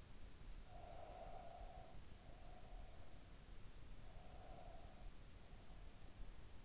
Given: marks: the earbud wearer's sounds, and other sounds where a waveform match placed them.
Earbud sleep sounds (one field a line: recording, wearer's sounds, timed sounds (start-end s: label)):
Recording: sounds in sleep by an in-ear microphone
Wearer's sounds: breath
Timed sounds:
0.46-3.39 s: breath
3.84-6.24 s: breath